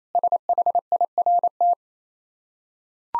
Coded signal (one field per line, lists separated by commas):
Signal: Morse code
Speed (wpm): 28 wpm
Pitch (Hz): 700 Hz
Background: none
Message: SHIRT